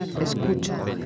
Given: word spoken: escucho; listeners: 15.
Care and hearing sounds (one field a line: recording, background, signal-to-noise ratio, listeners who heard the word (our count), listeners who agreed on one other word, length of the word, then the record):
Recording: one Spanish word in noise, from a listening test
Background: eight-talker babble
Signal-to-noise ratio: -1.3 dB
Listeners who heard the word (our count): 2 of 15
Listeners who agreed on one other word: 13 of 15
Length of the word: 0.66 s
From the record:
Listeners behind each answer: 13, 2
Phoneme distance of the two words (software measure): 10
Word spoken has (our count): 3 syllables, 6 phonemes, stress on syllable 2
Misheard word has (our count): 3 syllables, 6 phonemes, stress on syllable 2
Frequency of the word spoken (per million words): 5.70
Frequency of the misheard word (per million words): 25.95